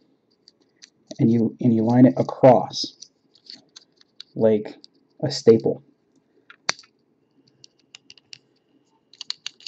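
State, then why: Seated. Someone talks while sliding a plastic accessory piece across the attachment part of a Figma Skyward Sword Link action figure, like a staple. A sharp click at 6.7 s marks the piece locking into place, followed by a few fainter clicks and handling taps. The piece is seated and can't be pulled out because a small notch holds it.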